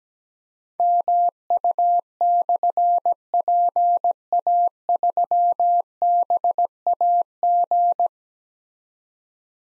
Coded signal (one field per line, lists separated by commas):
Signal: Morse code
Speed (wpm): 17 wpm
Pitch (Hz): 700 Hz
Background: none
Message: MU/PA3BAG